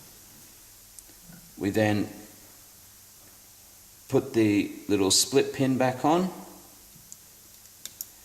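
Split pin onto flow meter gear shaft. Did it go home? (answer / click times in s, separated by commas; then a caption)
yes / 8.0 s. A small split pin is pushed back onto the metal shaft of a gear in a Macnaught mechanical flow meter (models 012 and 100) while someone talks. After a few faint ticks, a sharp little click at 8.0 s marks the pin engaging the shaft, showing it is seated correctly.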